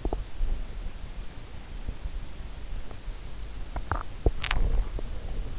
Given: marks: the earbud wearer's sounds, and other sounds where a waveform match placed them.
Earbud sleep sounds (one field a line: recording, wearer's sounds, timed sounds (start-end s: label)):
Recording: sounds in sleep by an in-ear microphone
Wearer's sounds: teeth grinding, swallowing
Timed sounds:
0.00-0.18 s: teeth grinding
3.71-5.04 s: swallowing